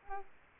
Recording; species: mosquito wingbeat signal from an infrared sensor; Aedes aegypti